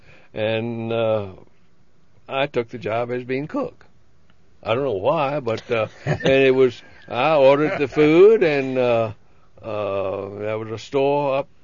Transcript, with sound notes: And I took the job of being cook. I don't know why (laughs) and it was, I ordered the food, and there was a store up,